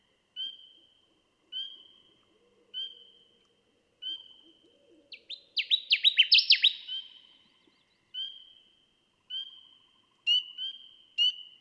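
Connecticut warbler delivering a loud, choppy burst of emphatic notes midway through, amid evenly spaced high thin whistles.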